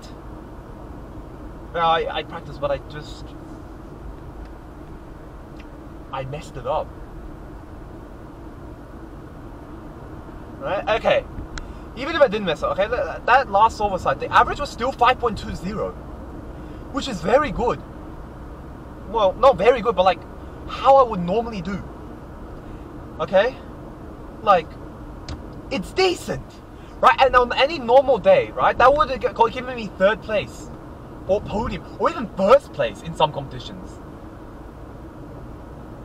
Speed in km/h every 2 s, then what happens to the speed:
59, 59, 57, 60, 62, 62, 64, 64, 65, 69, 69, 66, 64, 63, 63, 63, 62, 61.
4-18 speeds up to 69. 18-36 steady at about 63.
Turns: none.